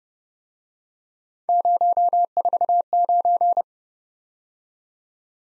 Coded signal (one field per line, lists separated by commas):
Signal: Morse code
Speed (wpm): 30 wpm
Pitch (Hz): 700 Hz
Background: none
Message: 049